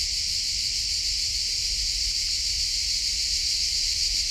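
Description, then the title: Cricket song as an unbroken shrill trill of rapid pulses, steady in pitch and loudness throughout. Different types of crickets singing differently in Collserola natural park during a heat wave, walking toward a pine wood; recorder with hypercardioid microphone. "Grills Diferents Collserola"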